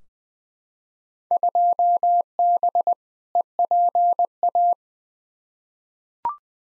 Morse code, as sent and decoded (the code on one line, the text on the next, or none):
..--- -... / . .--. .-
2B EPA